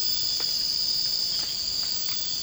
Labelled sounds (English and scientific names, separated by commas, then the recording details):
none
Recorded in secondary vegetation near Puerto Asís, Putumayo, Colombia, on 19 March 2025 at 00:30
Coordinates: 0.502, -76.326
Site G100